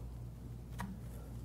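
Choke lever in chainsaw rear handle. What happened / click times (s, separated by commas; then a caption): The choke lever clicked into the run position / 0.8 s. The choke lever in the rear handle of an ECHO CS-4910 or CS-590 chainsaw is pushed back into the run position, giving a single sharp click at 0.8 s over a steady low hum. The lever seats in the run position, but the saw stays locked in fast idle.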